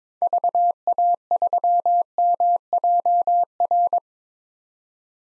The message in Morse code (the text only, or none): VA3MJR